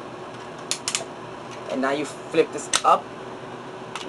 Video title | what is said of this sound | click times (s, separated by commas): Transformers Animated Leader Class Bulkhead Review w/Box | take that click them in | 0.7 s, 0.9 s